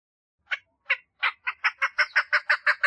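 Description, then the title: Partridge song opening with slow, spaced rasping notes that quicken into a steady, evenly paced series of harsh chattering calls. "Perdiz Cantando"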